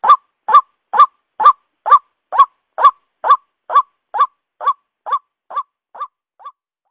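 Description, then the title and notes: White-breasted waterhen repeating a croaking, rising note about twice a second, the series gradually fading in loudness toward the end. Lure call used for attracting the bird. "Pikat Ruak Jawara. Suara Burung Ruak"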